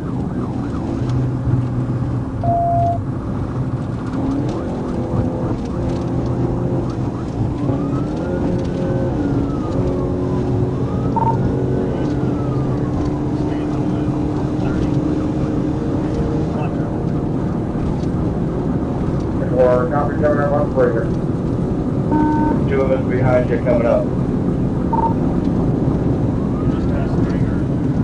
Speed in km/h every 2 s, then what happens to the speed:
179, 174, 175, 180, 187, 190, 198, 203, 204, 208, 211, 217, 221, 225.
4-28 speeds up to 225.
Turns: none.